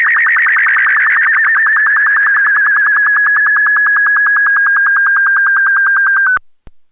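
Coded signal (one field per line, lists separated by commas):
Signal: SSTV (slow-scan television)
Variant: BW12 mode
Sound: steady warbling whistle near 1.7 kHz with rapid regular ticking pulses, then abrupt stop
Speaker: volgt nu het SS tv plaatje in BW 12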